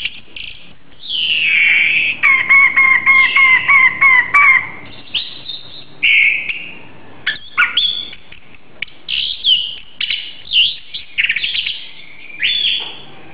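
Oriental magpie-robin song with a rapidly repeated series of clear harmonic notes, then varied whistles, chirps and slurred phrases continuing throughout.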